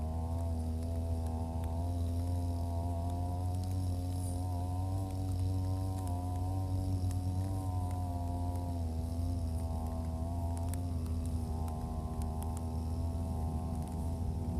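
A brush cutter runs steadily, cutting grass along rows of green onions and around a field. Its engine holds a loud, low buzzing drone whose pitch wavers slightly throughout, while scattered sharp ticks and snaps from the cut grass break in every second or so.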